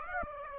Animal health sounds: mosquito wingbeat signal from an infrared sensor; Aedes aegypti

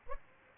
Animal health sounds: mosquito wingbeat signal from an infrared sensor; Aedes aegypti

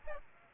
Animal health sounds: mosquito wingbeat signal from an infrared sensor; Aedes albopictus

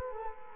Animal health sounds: mosquito wingbeat signal from an infrared sensor; Culex quinquefasciatus

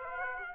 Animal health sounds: mosquito wingbeat signal from an infrared sensor; Aedes aegypti

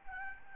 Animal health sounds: mosquito wingbeat signal from an infrared sensor; Aedes albopictus

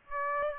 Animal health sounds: mosquito wingbeat signal from an infrared sensor; Aedes aegypti

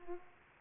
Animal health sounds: mosquito wingbeat signal from an infrared sensor; Aedes aegypti

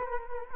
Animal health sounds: mosquito wingbeat signal from an infrared sensor; Culex quinquefasciatus

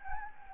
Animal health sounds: mosquito wingbeat signal from an infrared sensor; Anopheles gambiae

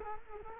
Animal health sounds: mosquito wingbeat signal from an infrared sensor; Culex quinquefasciatus

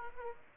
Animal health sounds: mosquito wingbeat signal from an infrared sensor; Aedes aegypti

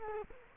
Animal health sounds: mosquito wingbeat signal from an infrared sensor; Culex quinquefasciatus

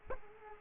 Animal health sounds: mosquito wingbeat signal from an infrared sensor; Culex quinquefasciatus

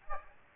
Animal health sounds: mosquito wingbeat signal from an infrared sensor; Aedes aegypti

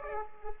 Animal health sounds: mosquito wingbeat signal from an infrared sensor; Culex pipiens

